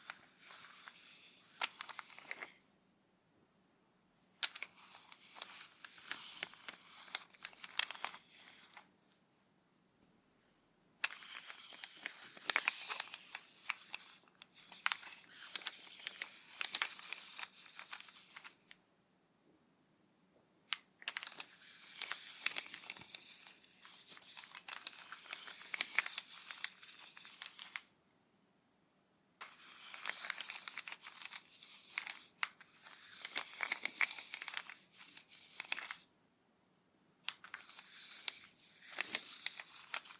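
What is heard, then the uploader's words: Crisp rubbing and crinkling sounds from a spa massage treatment come in bursts lasting a few seconds, separated by brief silent pauses about eight times over. The rustling is dense and bright, with a faint low hum. Full Body Spa Massage Treatment.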